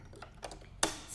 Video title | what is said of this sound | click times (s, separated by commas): DAY TWO - BERNINA X stitchhouse Summit - Quilting Day | and if I put it in I listen for click I don't open the wing so I hear that click and I know it went in | 0.8 s